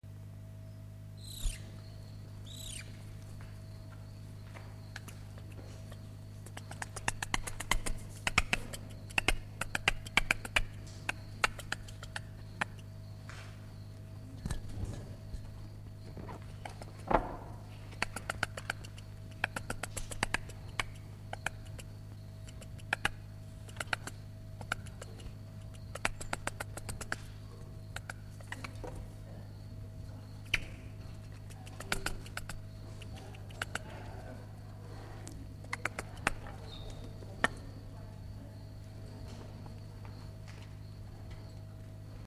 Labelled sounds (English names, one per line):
Lesser Spot-nosed Monkey